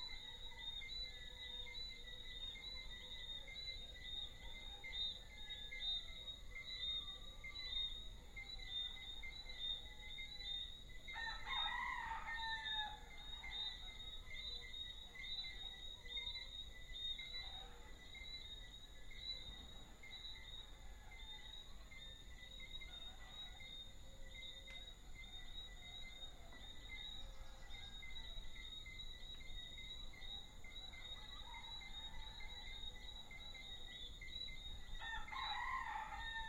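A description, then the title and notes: Small frogs chirp and whistle in a dense, steady evening chorus, with bright, high, unbroken tones layered over quicker calls. Louder bursts of calling stand out around 11–13 seconds and again near the end, over a low, constant background rumble. Deshaies, Guadeloupe. Recorded by Azadeh Nilchiani.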